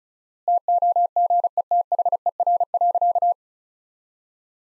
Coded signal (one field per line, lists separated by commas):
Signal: Morse code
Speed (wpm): 35 wpm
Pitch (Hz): 700 Hz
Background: none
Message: TOGETHER.